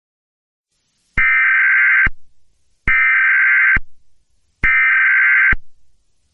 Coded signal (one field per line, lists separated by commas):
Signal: Emergency Alert System (SAME) tones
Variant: header bursts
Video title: eas scenario hal as grimlock ep3